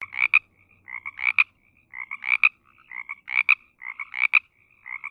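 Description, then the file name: Frog croaks: rasping, pulsed croaks in quick bursts of two or three, interspersed with softer shorter notes, repeated about once a second. "ranas"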